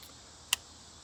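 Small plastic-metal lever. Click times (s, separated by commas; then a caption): 0.5 s. A thumb bar on a baitcasting reel is pressed to release the spool into free spool. It gives one sharp, bright click at 0.5 s against quiet background hiss, and the spool is released.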